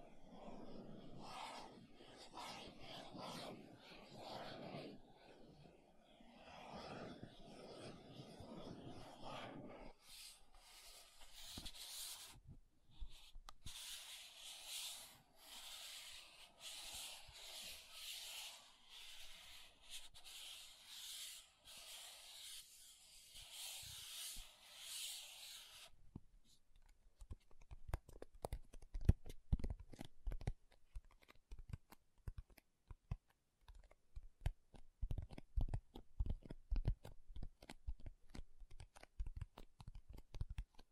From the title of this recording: MAKEUP TAPPING & SCRATCHING